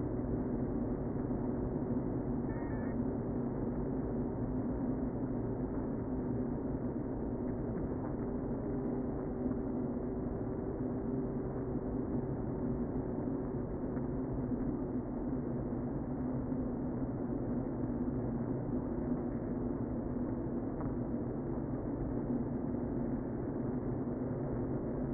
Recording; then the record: honeybee colony, microphone inside the hive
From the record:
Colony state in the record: queen present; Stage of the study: before two queens were removed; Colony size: about 60,000 bees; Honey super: yes